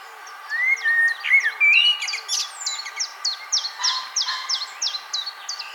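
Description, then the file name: Common blackbird giving a mellow fluted phrase, then a run of short, high chirps repeated several times a second until the end. "Turdus merula"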